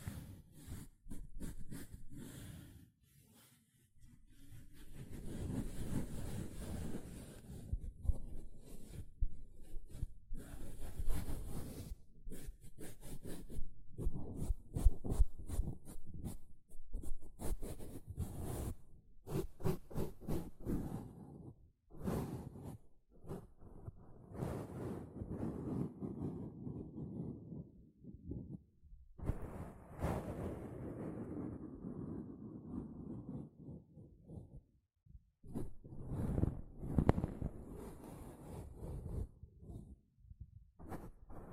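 Sponge being handled with continuous scratching and rubbing strokes, dense and fairly low, interrupted by sharper scraping bursts and crackly ticks throughout. Brief pauses fall near 4, 22, 29 and 35 seconds, with a brighter, hissier stretch around 30 to 34 seconds.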